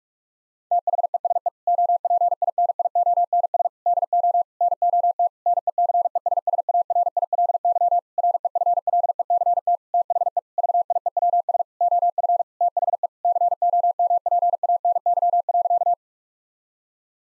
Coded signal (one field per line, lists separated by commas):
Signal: Morse code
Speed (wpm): 46 wpm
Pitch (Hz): 700 Hz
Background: none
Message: THESE OPINIONS DO NOT NECESSARILY REFLECT THE VIEWS OF THE COMPANY.